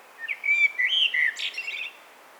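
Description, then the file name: Common blackbird song: a rich, flute-like warble of gliding whistles that breaks into a brief, high chattering tail. "Turdus merula"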